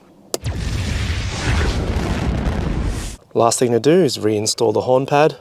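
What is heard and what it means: The yellow locking clip on the airbag connector in a 70 series steering wheel, fitted as an upgrade to an LC250, is pushed down to lock, giving a sharp click at 0.3 s. Steady broadband noise follows until about 3.1 s, then someone talks. The clip is seated and the connector locked.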